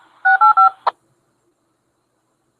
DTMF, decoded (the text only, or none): 685